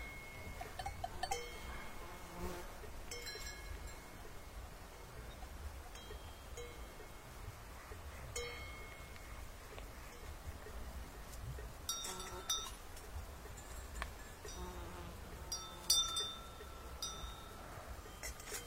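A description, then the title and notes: Cow bells clink and clank unevenly as cattle are driven along a mountain road, with brighter clusters around 1, 3, 8, 12 and 16 seconds. Beneath them a steady low rumble and shuffling noise continues throughout, with faint tones and knocks between the bells. Driving cows on the mountain road, crisp bells.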